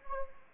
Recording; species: mosquito wingbeat signal from an infrared sensor; Anopheles gambiae